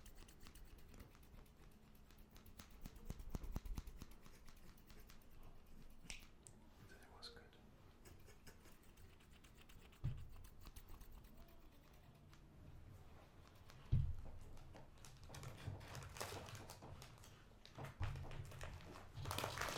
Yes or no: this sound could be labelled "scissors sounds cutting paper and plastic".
yes